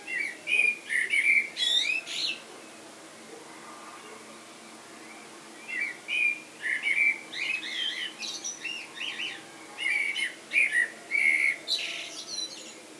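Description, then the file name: Common blackbird song in three bursts of rich, warbling whistles, the first and last phrases topped with high-pitched squeaky twitters. "Turdus merula"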